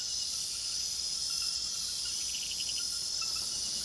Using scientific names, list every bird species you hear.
none